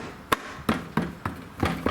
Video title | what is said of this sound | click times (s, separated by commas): The BRIGHTEST Led License Plate Lights EVER! 2006-2011 Honda Civic How to Install DIY | and that's it it just snaps right back into place now your cover's good | 0.3 s